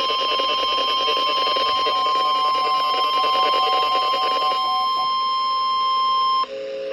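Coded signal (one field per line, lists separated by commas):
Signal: Emergency Alert System (SAME) tones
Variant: 1050 Hz attention tone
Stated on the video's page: Severe Thunderstorm Warning, from weather radio station WXJ35 in Portales, New Mexico.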